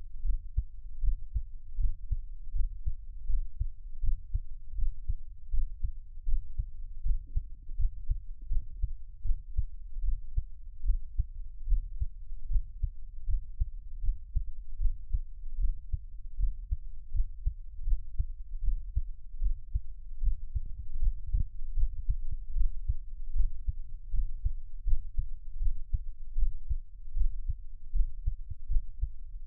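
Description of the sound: A close-miked normal adult heartbeat, made as a Taiwanese ASMR piece, with no talking.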